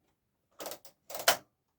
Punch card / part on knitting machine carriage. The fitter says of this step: hij klikt op zijn plaats.